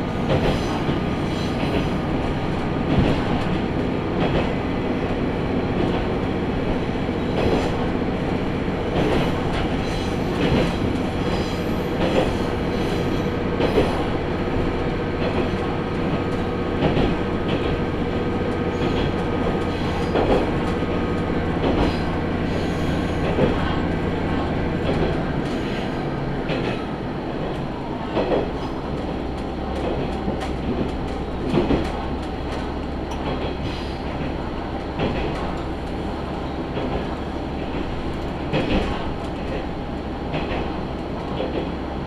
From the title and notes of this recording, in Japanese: 宝くじ号で移動 天竜浜名湖鉄道 金指→天竜二俣。念願の宝くじ号（現在は新・スローライフトレイン号）に乗車できました。